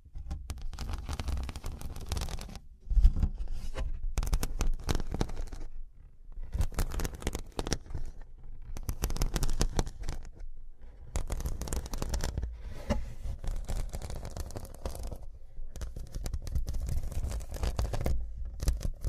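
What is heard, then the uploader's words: Scratching comes in dense, rasping bursts that run for a few seconds at a time, separated by short silent gaps near 3, 6, 7.5, 11 and 18 seconds. Each stretch is rough and gritty with a heavy low rumble underneath, and a sharp knock lands around 3 seconds. Pure Scratching.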